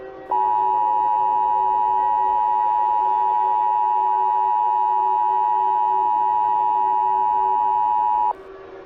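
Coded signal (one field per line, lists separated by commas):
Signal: Emergency Alert System (SAME) tones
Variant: 853 and 960 Hz attention tone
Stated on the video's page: Fictional EAS scenario.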